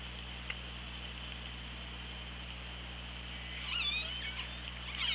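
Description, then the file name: Orca calls in water: wavering tonal cries with stacked harmonics arriving late, one after another, above a constant low hum and hiss. Recorded by OrcaLab hydrophone on 24 August 2017 at 16:28. "Orca Lab UTLN JASON 20170824 162807"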